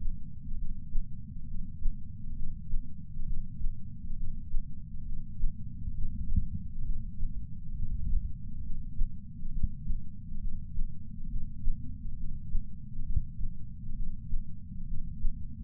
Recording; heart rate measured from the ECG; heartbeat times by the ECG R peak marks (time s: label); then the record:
heart sounds by patch sensor on the chest; 67 bpm
0.54 s: heartbeat
1.44 s: heartbeat
2.32 s: heartbeat
3.22 s: heartbeat
4.13 s: heartbeat
5.02 s: heartbeat
5.90 s: heartbeat
6.81 s: heartbeat
7.71 s: heartbeat
8.59 s: heartbeat
9.48 s: heartbeat
10.37 s: heartbeat
11.26 s: heartbeat
12.13 s: heartbeat
13.01 s: heartbeat
13.92 s: heartbeat
14.83 s: heartbeat
From the record:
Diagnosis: coronary artery disease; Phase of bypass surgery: preoperative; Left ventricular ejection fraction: 53.1%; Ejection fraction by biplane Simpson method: 48.3%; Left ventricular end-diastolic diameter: 61 mm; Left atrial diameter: 40 mm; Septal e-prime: 7 cm/s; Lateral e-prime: 11.9 cm/s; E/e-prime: 9.8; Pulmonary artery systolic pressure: 34 mmHg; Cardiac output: 5.1 L/min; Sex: female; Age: 60 years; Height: 158 cm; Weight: 54 kg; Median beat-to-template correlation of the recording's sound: 0.90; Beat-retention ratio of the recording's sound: 1.00